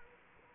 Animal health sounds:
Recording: mosquito wingbeat signal from an infrared sensor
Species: Culex quinquefasciatus

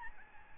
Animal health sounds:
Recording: mosquito wingbeat signal from an infrared sensor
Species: Aedes albopictus

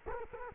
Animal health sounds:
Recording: mosquito wingbeat signal from an infrared sensor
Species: Culex quinquefasciatus

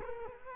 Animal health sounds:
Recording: mosquito wingbeat signal from an infrared sensor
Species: Culex quinquefasciatus

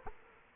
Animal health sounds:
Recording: mosquito wingbeat signal from an infrared sensor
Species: Culex quinquefasciatus

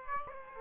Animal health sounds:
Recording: mosquito wingbeat signal from an infrared sensor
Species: Aedes aegypti

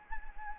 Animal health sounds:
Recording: mosquito wingbeat signal from an infrared sensor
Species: Anopheles gambiae

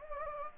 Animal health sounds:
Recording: mosquito wingbeat signal from an infrared sensor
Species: Anopheles gambiae

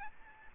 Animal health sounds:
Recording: mosquito wingbeat signal from an infrared sensor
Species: Aedes albopictus

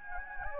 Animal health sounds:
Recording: mosquito wingbeat signal from an infrared sensor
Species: Anopheles gambiae

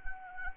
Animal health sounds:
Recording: mosquito wingbeat signal from an infrared sensor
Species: Anopheles arabiensis

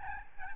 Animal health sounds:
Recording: mosquito wingbeat signal from an infrared sensor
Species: Aedes albopictus

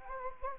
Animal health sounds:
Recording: mosquito wingbeat signal from an infrared sensor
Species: Anopheles gambiae

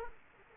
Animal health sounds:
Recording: mosquito wingbeat signal from an infrared sensor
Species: Culex quinquefasciatus

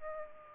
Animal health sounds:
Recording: mosquito wingbeat signal from an infrared sensor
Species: Aedes aegypti

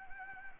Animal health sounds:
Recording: mosquito wingbeat signal from an infrared sensor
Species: Anopheles arabiensis

